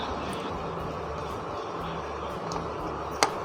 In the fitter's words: ใส่รถแล้วแล้วบิดนะครับเนี่ยเข้าล็อคแล้วทำให้ชมนะครับก็